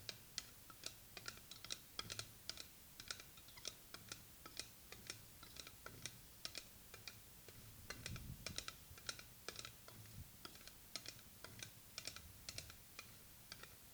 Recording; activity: daily activity, guitar pickup as the sensor; fry